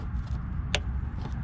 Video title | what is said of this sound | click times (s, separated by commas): 2004 Oldsmobile Alero Fuel Pump Replacement | click and then reinstall the red plastic block tab | 0.8 s